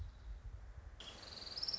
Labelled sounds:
Orange-crowned Warbler
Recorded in Sonoma County, California

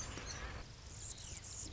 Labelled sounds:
Anna's Hummingbird
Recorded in Sonoma County, California

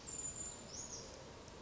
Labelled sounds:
Brown Creeper
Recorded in Sonoma County, California

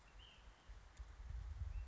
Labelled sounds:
Ash-throated Flycatcher
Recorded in Sonoma County, California

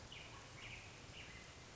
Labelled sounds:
Black-headed Grosbeak
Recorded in Sonoma County, California

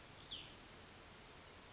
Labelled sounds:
Cassin's Vireo
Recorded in Sonoma County, California

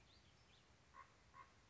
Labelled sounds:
Common Raven
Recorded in Sonoma County, California

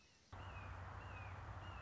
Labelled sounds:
Red-shouldered Hawk
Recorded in Sonoma County, California

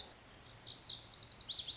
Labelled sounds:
Lazuli Bunting
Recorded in Sonoma County, California

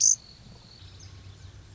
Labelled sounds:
Pacific Wren
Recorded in Sonoma County, California

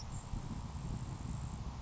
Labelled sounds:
Grasshopper Sparrow
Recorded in Sonoma County, California

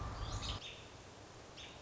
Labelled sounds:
American Robin
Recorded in Sonoma County, California

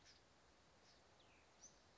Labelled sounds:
Cassin's Vireo
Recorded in Sonoma County, California

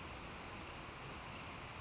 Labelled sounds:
Western Flycatcher
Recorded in Sonoma County, California

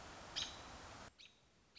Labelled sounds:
American Robin
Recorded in Sonoma County, California

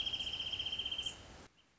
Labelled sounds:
Wrentit
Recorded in Sonoma County, California

